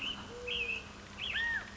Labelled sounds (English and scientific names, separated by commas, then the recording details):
American Robin (Turdus migratorius)
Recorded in Sonoma County, California